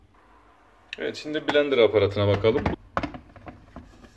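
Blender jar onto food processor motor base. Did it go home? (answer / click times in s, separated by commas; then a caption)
yes / 3.0 s. Someone talks, then a plastic blender jar attachment is set onto the motor base of a Karaca Mastermaid Power 2000W food processor and locked in place. A strong, sharp click at 3.0 s marks the jar seating, followed by a few fainter ticks as it settles.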